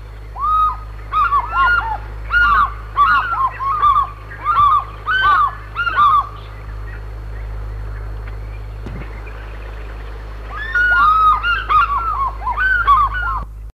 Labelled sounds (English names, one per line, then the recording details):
African Fish-eagle call
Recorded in the wild
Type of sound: call
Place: Naiwasha-See, KE
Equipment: Halbspur, 9,5 cm/s
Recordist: Lütgens, Hans
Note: Duett, Männchen wie immer mit höherer Stimme